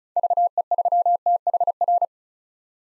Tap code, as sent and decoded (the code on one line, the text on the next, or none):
none